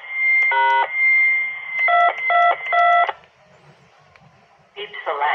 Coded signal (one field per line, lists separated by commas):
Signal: DTMF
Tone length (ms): 280 ms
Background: speech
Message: # 222